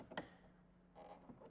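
A plastic headlight grill is being handled and lined up for reinstallation into the fairing headlight housing of a 2023.5–2025 Road Glide after a Custom Dynamics Shark Demon 2 headlight install, with its two ears facing downward and its two upper plastic clips aligned before being pressed in. A sharp handling knock sounds at about 0.2 s, followed by faint taps near 1.3 s and 1.5 s over a low steady hum. Nothing has seated or clicked yet.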